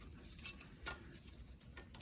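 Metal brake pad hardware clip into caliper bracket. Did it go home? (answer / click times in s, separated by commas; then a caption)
yes / 0.9 s. A new metal anti-rattle (abutment) brake pad hardware clip, replacing old ones that get rusty, is pressed by hand into the caliper bracket of a Ford Focus front brake. Faint metallic taps lead to a sharp, bright click at 0.9 s as the clip seats in the bracket, followed by a few lighter ticks near the end.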